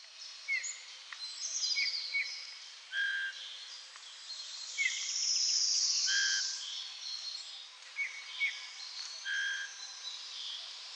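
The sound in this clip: Birds calling: short whistled notes and slurred chirps at varied pitches, with a hissing buzz swelling in the middle.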